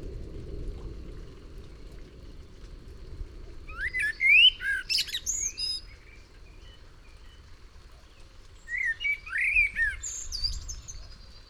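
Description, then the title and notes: Common Blackbird song: two short phrases of fluting whistles ending in squeaky high twitters, separated by a pause, over low background noise. Recorded in June 1999 in Massignieu-de-Rives, France, during a thunderstorm; Tascam DAP-1 recorder with a Telinga microphone. "juin 1999 orage et merle. Merle et orage, puis grillons. Massignieu-de-Rives, France"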